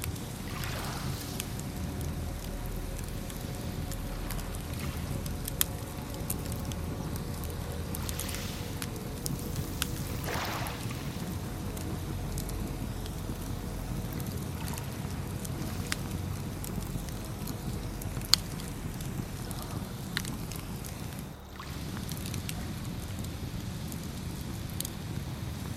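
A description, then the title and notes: A bonfire crackles by the seaside over a steady, deep rumble of surf. Sharp pops land every few seconds, with louder snaps near 6 and 18 seconds, and soft brighter washes rise around 1, 8 and 10 seconds. The sound briefly thins just after 21 seconds. The enchanting ambience of a crackling bonfire by the seaside. The mesmerizing rhythm of sea waves caressing the shore. Fire crackling ambiance & soothing seaside waves.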